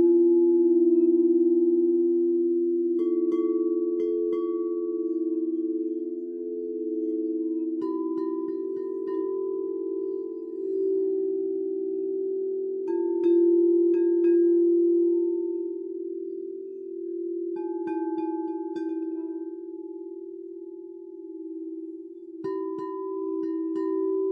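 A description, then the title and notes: Singing bowls hum in a continuous low, warm drone for the whole stretch, slowly swelling and easing. Roughly every five seconds a bowl is struck with a soft bright ping, leaving a clear ringing tone that lingers above the hum before the next strike. Healing Vibrations & Sound Bath.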